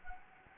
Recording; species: mosquito wingbeat signal from an infrared sensor; Anopheles gambiae